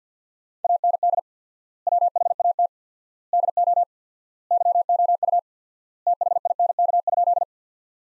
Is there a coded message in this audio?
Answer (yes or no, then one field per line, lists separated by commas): yes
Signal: Morse code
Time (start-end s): 0.6-7.4 s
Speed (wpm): 50 wpm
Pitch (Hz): 700 Hz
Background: none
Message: AND WHAT DO YOU THINK?